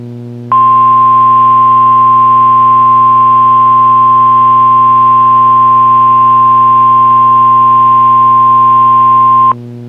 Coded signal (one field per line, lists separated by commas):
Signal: Emergency Alert System (SAME) tones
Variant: 1050 Hz attention tone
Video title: CRP SPS and RWT (EAS 386) - 08/25/2021